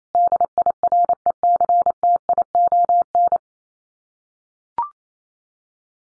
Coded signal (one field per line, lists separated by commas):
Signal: Morse code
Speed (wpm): 28 wpm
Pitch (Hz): 700 Hz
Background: none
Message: DIRECTION